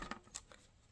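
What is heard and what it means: Snap clips on the plastic housing of a portable CD player are pried apart, letting go with short, sharp cracks at 0.1 s and 0.4 s, followed by a fainter snap around 0.5 s. The four clips release and the case separates.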